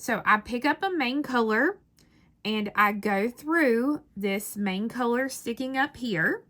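Someone talks while picking up a main-color glass Delica cylinder seed bead and passing the needle through a raised main-color bead in peyote-stitched beadwork, with a brief pause in the speech around 2 seconds. Nothing has seated or clicked into place yet.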